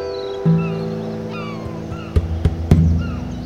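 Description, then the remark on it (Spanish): Seagulls cry over the sea in short, repeated, rising-and-falling calls over a low, steady hum, with a few sharp knocks near the end. “Solo las gaviotas se animaron a volar.”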